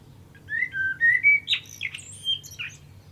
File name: Turdus merula